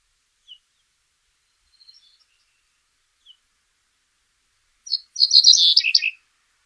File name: cinereousbunting